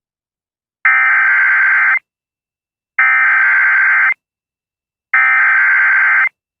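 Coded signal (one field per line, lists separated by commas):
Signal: Emergency Alert System (SAME) tones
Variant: header bursts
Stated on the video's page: Tornado watch aired on a broadcast radio station.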